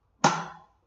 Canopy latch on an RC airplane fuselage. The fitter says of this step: and you push down on this, and it just pushes down till it clicks,